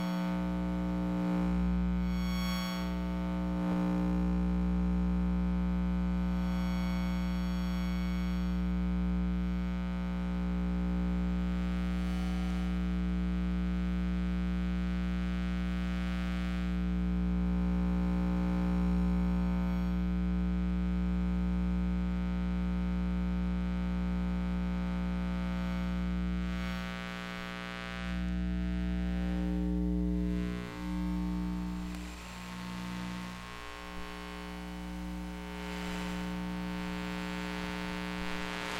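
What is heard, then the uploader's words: Electromagnetic hum from household electronics, a steady low drone with fixed buzzing tones, crackling static bursts and shifting whines, thinning after about 27 seconds. Electromagnetic Listening. Using the Electrosluch Mini City from LOM (link below) I went around the house just recording things. Other than playing with the stereo effect of the device there has been no edits or additional processing to the recording. Humidifier Laptop Cell Phone Digital Recorder VHS Player Flatscreen TV (LCD) Window Fan Cordless Telephone Carbon Monoxide Detector.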